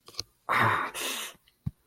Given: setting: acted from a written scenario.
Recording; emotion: vocal sound without words; pain